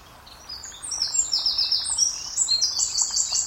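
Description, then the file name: Eurasian wren song, a fast, high, rattling trill of sharp notes that runs on without pause over faint background noise. "Eurasian Wren, Zaun Koenig"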